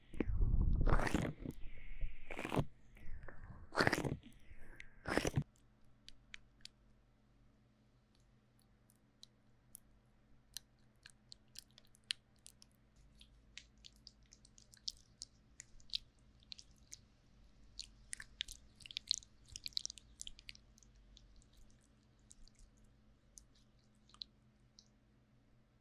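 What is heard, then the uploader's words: Sticky aloe gel ear massage: loud wet squelching bursts for five seconds, then quieter scattered clicks and crackles over a low steady hum. 用蘆薈凝膠按摩耳朵. Aloe based gel sticky Earmassage | 3Dio | NoTalking.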